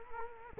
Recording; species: mosquito wingbeat signal from an infrared sensor; Culex quinquefasciatus